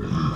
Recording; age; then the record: pig call; growing-finishing pig (85 days or more)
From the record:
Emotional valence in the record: positive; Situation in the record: run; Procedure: transit